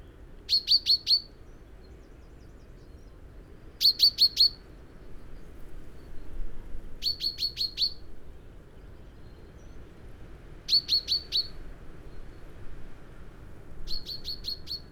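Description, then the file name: Common chaffinch calling in tight bursts of four or five sharp, high notes, repeated roughly every three seconds against a soft background hiss. "Fringilla coelebs"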